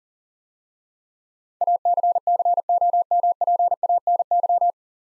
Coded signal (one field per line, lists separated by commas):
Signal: Morse code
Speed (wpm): 37 wpm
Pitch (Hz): 700 Hz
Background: none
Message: ACCOMPANY